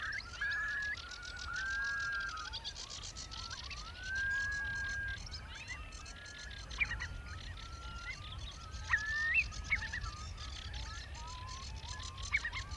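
Curlew calls: a brief bubbling trill, then many rising and falling whistled notes, some overlapping, with steady high-pitched background noise.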